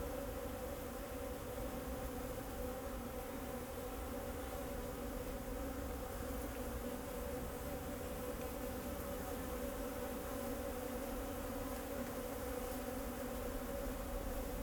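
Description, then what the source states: Bees give a long, steady buzzing hum, several tones layered and unchanging, with soft low background noise. Bees flying around the recordist in Jacques Brelpark, Kersbeeklaan, Vorst, Belgium; train in the background; recorded binaurally with a Sennheiser Ambeo binaural headset.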